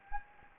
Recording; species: mosquito wingbeat signal from an infrared sensor; Anopheles gambiae